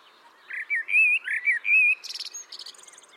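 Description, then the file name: Common blackbird singing a short fluted phrase of smooth warbling whistles that breaks into a rapid, high-pitched scratchy twitter. "Turdus merula"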